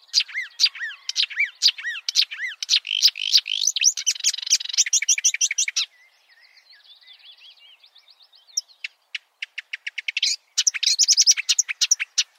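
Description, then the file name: Marsh warbler song: dense scratchy chatter and arched whistles, then a soft buzzy trill, a few sharp ticks, and a final burst of twittering. "suara-kicauan-burung-marsh-warbler -omkicau"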